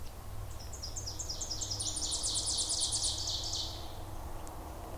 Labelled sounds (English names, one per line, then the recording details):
Ovenbird song
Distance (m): 35 m
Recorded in boreal forest in Alberta, Canada, on 26 May 2016 at 08:13
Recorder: SongMeter 3, array SBT-3-15
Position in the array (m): 53 m, 223 m
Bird 20